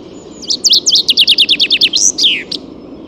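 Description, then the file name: Common chaffinch song: a rapid run of about a dozen bright, descending chip notes, then a sweeping downward flourish and a final short note, over a steady low background hum. "Fringilla coelebs"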